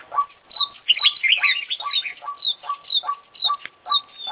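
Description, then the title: Oriental magpie-robin giving a fast series of repeated clipped whistled notes, with a brief burst of harsher twittering early on. Champion bird from an Indonesian songbird contest, international winner; full isian (fill-in song material) used for training; described as gacor, singing constantly. "Kicau Mania - Full Isian Juara Internasional Burung KACER Gacor"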